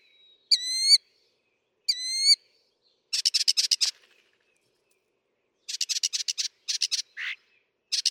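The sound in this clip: Northern mockingbird song: two pure slurred whistles, then fast dry chattering rattles, pausing, then more chatter and a brief harsh note.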